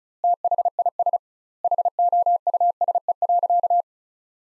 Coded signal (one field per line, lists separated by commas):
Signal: Morse code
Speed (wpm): 36 wpm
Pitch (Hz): 700 Hz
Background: none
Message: THIS HOUSE.